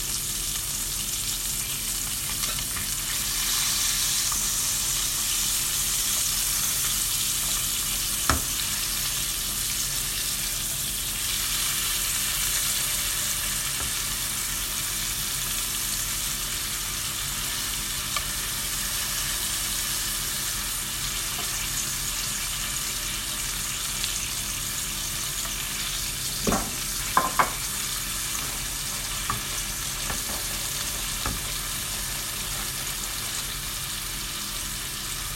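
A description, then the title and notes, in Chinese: Chicken breast sizzles steadily in a pan, a dense, bright hiss that holds at an even level for the whole clip. A sharp tap sounds near eight seconds, and a few quick knocks and clatters, like utensil contacts, cluster around 26 to 31 seconds. 香煎鸡胸。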